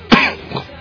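A sharp adult cough burst followed by a softer second one, from a cough that will not stop.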